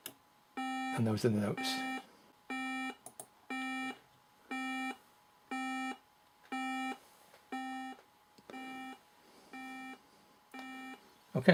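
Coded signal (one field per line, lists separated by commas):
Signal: none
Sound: computer playing musical notes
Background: speech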